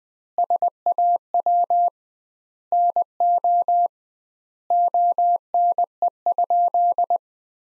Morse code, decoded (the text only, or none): SAW NO ONE?